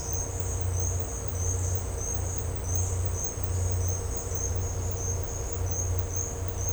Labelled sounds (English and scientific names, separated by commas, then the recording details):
none
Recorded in dense forest near Puerto Asís, Putumayo, Colombia, on 9 March 2025 at 10:30
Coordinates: 0.468, -76.322
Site GP01